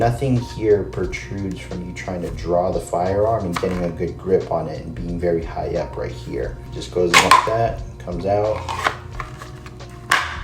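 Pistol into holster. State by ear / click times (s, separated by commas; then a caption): seated / 10.1 s. Someone talks while a pistol is drawn out and then reholstered into a polymer holster. The pistol snaps into the holster's click retention with a sharp click at 10.1 s, seated.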